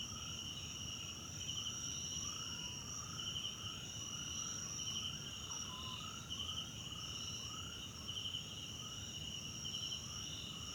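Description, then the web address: Crickets keep up a constant shrill trill while many lower, rising chirp-like calls from another animal repeat beneath them. Background crickets at night in a wetland park at Kosi Forest Lodge, South Africa. "Tonschliff - SOUTH AFRICAN CRICKETS BG South Africa Wetland Park Kosi Forest Lodge Night"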